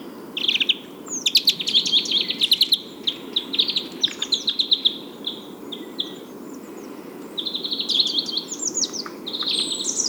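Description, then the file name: European greenfinch twittering: rapid chirps and trilled runs in a busy, uneven stream, with short pauses and a few higher sharp notes. "Chloris chloris"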